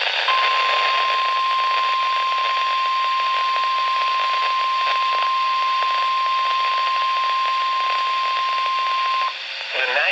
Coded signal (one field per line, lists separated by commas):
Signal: Emergency Alert System (SAME) tones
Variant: 1050 Hz attention tone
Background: speech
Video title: Severe Thunderstorm Warning (EAS #1,971) - March 24, 2019